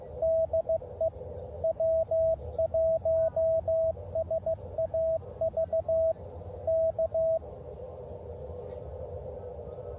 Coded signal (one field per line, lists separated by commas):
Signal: Morse code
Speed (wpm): 15 wpm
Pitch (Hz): 650 Hz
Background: radio noise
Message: DE W1SAV K